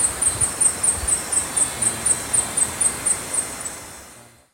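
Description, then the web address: Violet-headed Hummingbird repeating sharp, high-pitched chips in a rapid, steady series, then the sound fades away. Recorded in Ecuador. "Birds of Ecuador. Vilet-headed Hummingbird"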